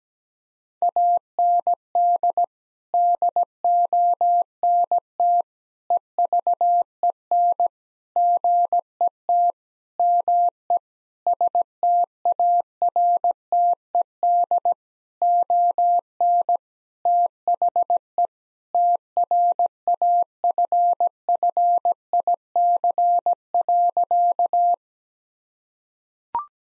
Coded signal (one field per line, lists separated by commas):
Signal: Morse code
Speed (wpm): 17 wpm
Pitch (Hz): 700 Hz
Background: none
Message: AND DONT EVEN GET ME STARTED ON THE TRAFFIC.